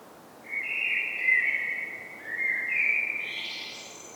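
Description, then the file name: Common blackbird giving a fluty warble, followed by a second phrase that ends in a high, squeaky twitter, over soft background hiss. "Turdus merula"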